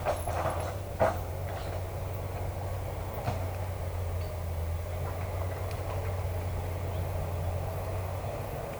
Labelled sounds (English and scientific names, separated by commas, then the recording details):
none
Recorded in forest near Pivijay, Magdalena, Colombia, on 1 June 2023 at 14:00
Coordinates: 10.467, -74.380
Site Z5-G034